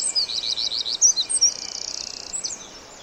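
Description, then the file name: Eurasian wren song fragment: quick repeated high chirps leading into a fast, even rattling trill that fades out. "Troglodytes troglodytes"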